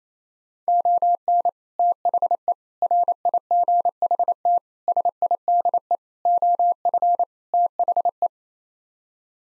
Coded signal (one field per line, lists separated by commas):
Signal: Morse code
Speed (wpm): 28 wpm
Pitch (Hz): 700 Hz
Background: none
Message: ON THE RIGHT SIDE OF THE